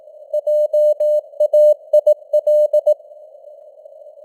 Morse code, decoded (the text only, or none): JAIL